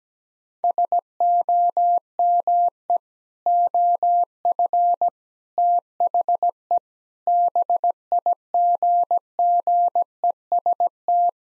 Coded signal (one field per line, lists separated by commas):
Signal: Morse code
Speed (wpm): 17 wpm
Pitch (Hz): 700 Hz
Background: none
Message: SOME OF THE BIGGEST